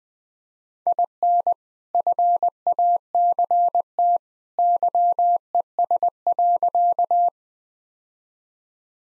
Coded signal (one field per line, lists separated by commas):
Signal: Morse code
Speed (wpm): 20 wpm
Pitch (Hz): 700 Hz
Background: none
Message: IN FACT YES.